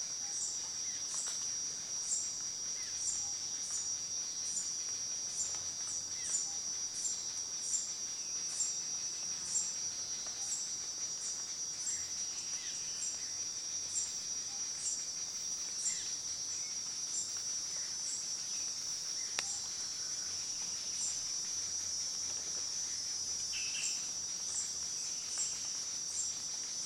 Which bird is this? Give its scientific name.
Spermophaga ruficapilla